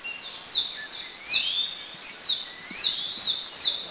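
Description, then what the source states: Apo myna calls: a series of sharp, high descending notes mixed with rising whistled slurs, about six bursts in four seconds, with faint low background noise. Recorded at Kitanglad, Philippines, in 2010.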